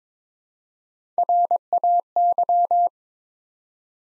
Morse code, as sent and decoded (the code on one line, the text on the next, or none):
.-. .- -.--
RAY